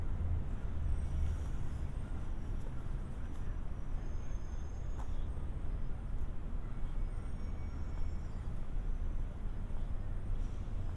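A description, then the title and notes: A binaural walk through city streets, filled with a steady, dense low rumble of traffic that never lets up. Faint voices and small clicks surface now and then, and a brief sharp sound stands out around the five-second mark. Harbor to Apartment. A binaural recording of a walk from the San Diego County Admin Building to my apartment in Golden Hill.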